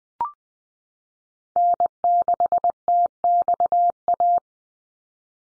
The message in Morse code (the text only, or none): N6TXA